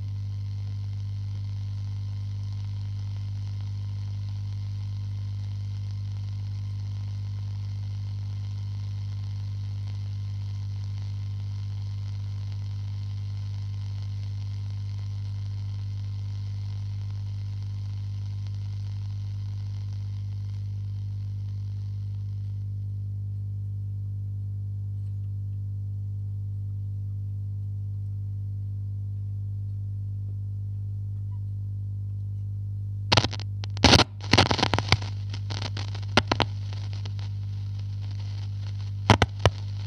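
An old radio hums steadily with a strong low drone throughout, a thin hiss riding above it until about twenty-two seconds, when the hiss drops away. From around thirty-three seconds, loud crackling bursts and sharp clicks break in repeatedly over the hum.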